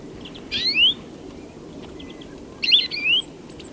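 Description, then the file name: European greenfinch with two rising, slightly nasal whistled calls, each sweeping upward, separated by a quiet gap. "Chloris chloris"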